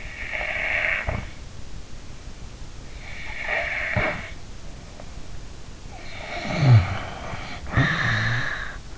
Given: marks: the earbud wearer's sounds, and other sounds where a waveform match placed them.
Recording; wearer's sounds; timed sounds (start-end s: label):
sounds in sleep by an in-ear microphone; snoring breath
0.00-1.36 s: snoring breath
2.99-4.26 s: snoring breath
6.04-8.77 s: snoring breath